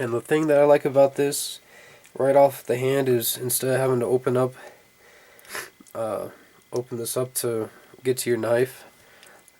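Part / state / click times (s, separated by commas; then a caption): folding knife blade locking open in a multitool handle / not seated / none. Someone talks while handling a Leatherman Wave multitool, whose folding knife blade opens from the outside of the handle and is held by a liner lock, with a few faint handling ticks near 5.4 s and toward the end. The clip ends just before the blade is flicked open, so nothing has clicked or locked into place yet.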